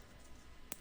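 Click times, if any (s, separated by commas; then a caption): 0.7 s. A 3D-printed PLA Commodore logo insert is pushed into its panel on a Datasette-style case. After quiet low background noise, a single sharp click is heard at 0.7 s as the logo snaps into position. No one talks.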